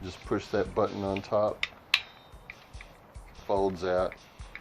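The blade of a second, no-name folding saw is swung out of its plastic handle toward its lock while someone talks, with a few short, sharp ticks of handling in between. The clip ends before the blade goes home, so nothing has locked or clicked into place yet.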